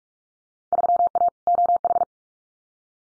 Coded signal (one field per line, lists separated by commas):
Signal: Morse code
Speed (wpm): 46 wpm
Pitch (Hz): 700 Hz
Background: none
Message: 3A OH